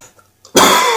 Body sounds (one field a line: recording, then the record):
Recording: coughing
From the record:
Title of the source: Mid-morning Winter Coughing Fit